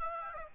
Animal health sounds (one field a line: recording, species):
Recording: mosquito wingbeat signal from an infrared sensor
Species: Aedes aegypti